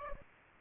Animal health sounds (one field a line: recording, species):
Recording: mosquito wingbeat signal from an infrared sensor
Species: Aedes aegypti